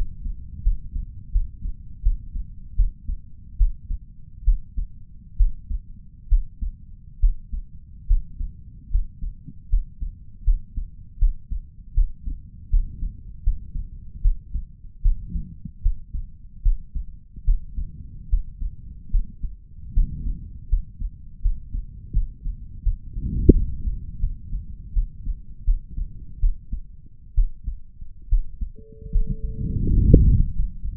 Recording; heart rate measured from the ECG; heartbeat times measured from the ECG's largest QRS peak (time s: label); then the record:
heart sounds by stethoscope; 76 bpm
0.62 s: heartbeat
1.32 s: heartbeat
2.02 s: heartbeat
2.75 s: heartbeat
3.57 s: heartbeat
4.44 s: heartbeat
5.36 s: heartbeat
6.28 s: heartbeat
7.19 s: heartbeat
8.07 s: heartbeat
8.90 s: heartbeat
9.69 s: heartbeat
10.44 s: heartbeat
11.18 s: heartbeat
11.94 s: heartbeat
12.69 s: heartbeat
13.43 s: heartbeat
14.21 s: heartbeat
15.02 s: heartbeat
15.82 s: heartbeat
16.62 s: heartbeat
17.44 s: heartbeat
18.29 s: heartbeat
19.10 s: heartbeat
19.93 s: heartbeat
20.68 s: heartbeat
21.41 s: heartbeat
22.12 s: heartbeat
22.83 s: heartbeat
23.52 s: heartbeat
24.19 s: heartbeat
24.93 s: heartbeat
25.64 s: heartbeat
26.40 s: heartbeat
27.34 s: heartbeat
28.29 s: heartbeat
29.11 s: heartbeat
29.87 s: heartbeat
30.54 s: heartbeat
From the record:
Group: healthy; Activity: rest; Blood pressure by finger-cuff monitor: 177/118 mmHg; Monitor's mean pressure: 135 mmHg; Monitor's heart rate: 79 bpm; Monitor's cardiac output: 5.3 L/min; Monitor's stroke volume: 67 mL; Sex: male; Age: 35 years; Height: 178 cm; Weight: 64 kg